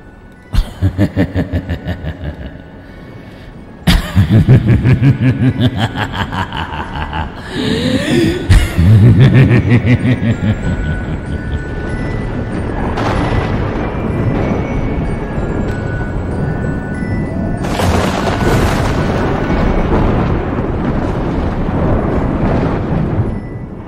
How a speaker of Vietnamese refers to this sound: Sấm chớp ở trên trời bắt đầu kéo đến đì đà đì đùng, cơn mưa ập đến ngay sau đó.